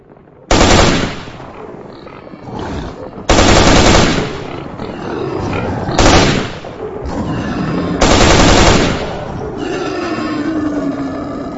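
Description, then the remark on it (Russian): Four loud bursts of automatic rifle fire from two shooters, the first and last longest, with rumbling hoofbeats of a stampeding herd of mutant animals and their whinnies and roars filling the gaps between volleys. “Топот копыт, грохот выстрелов, рев.”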